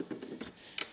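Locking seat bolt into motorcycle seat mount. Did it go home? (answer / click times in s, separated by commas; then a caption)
yes / 0.8 s. A locking bolt that secures a Harley motorcycle seat is tightened down into its mounting bolt by hand or key, to keep the seat from being stolen or falling off while riding. A few soft ticks come as it turns, then a sharp click at 0.8 s as it gets tighter. The bolt is seated.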